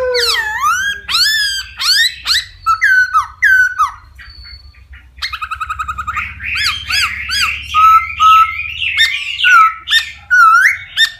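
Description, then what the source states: Laughingthrush singing loud downswept whistles, quiet trills and dense harsh chatter, with a steady low hum underneath. Song described as 'giong rung', wild voice style.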